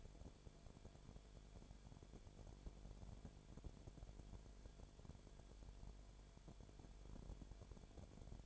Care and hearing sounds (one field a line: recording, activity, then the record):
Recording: daily activity, microphone in the room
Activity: no activity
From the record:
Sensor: 5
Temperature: 19.9 degrees Celsius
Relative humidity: 35.6%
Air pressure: 1003.4 hPa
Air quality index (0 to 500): 56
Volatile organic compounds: 1 ppm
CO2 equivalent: 634 ppm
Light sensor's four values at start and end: 2/3/1/1 and 2/3/1/1